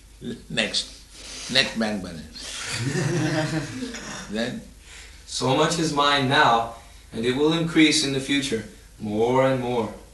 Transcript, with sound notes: "
Next. Next bank balance.
" [laughter] 'So much is mine now, and it will increase in the future, more and more.